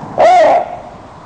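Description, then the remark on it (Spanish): A single call of the raven from Edgar Allan Poe's The Raven, perched on a pale bust of Pallas above a chamber door, rings out: one loud, drawn-out croak with a slight rise and fall in pitch, lasting under half a second before fading to quiet. “El cuervo dijo,”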